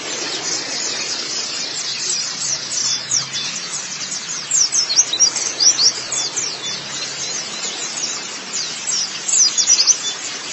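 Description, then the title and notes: White-eye song: sustained high twittering made of rapid thin chirps, growing louder in bursts toward the middle and end, over soft background noise. "Kicauan Burung Pleci Durasi Panjang. Suara kicauan burung pleci"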